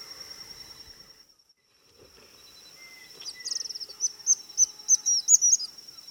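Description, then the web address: White-throated kingbird with a quick series of thin, high twittering notes building toward the end, over a steady high insect-like whine. Eastern lowlands of South America. "Natures Songs S America Eastern Lowlands. White-throated Kingbird"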